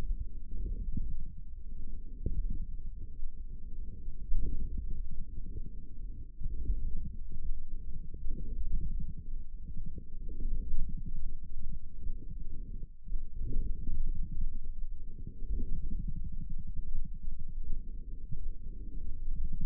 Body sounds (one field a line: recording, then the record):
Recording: forearm muscle sounds (acoustic myography)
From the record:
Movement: forearm supination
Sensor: system 1, eight BSWA MPA416 microphones around the upper forearm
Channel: 8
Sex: male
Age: 28 years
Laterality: right